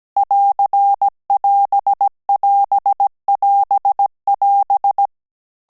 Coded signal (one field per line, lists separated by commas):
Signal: Morse code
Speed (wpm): 17 wpm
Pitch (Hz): 800 Hz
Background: none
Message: <AR><AS><AS><AS><AS>